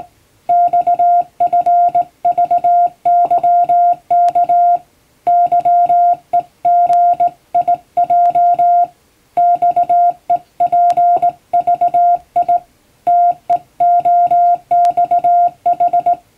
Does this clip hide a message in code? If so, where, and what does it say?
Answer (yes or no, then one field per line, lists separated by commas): yes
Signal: Morse code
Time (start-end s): 0.5-16.1 s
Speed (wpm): 19 wpm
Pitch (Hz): 700 Hz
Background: music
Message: XFVYK YEGIJ XEPVI TEOXH